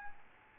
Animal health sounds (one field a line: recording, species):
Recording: mosquito wingbeat signal from an infrared sensor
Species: Aedes albopictus